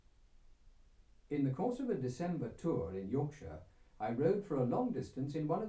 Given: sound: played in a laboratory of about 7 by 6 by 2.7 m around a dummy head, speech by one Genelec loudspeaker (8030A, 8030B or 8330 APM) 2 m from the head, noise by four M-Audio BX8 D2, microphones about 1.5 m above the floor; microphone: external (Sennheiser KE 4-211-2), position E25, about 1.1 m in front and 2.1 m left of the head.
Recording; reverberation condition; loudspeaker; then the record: male speech in English; low; in front (0 degrees)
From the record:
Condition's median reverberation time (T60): about 310 ms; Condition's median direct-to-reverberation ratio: about 3.5 dB